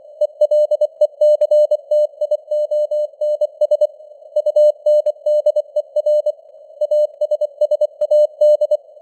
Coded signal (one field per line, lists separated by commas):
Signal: Morse code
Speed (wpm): 24 wpm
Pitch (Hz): 600 Hz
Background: none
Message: ELECTIONS UNDER ASSAD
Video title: Morse Code News | 2025-10-06 | 24wpm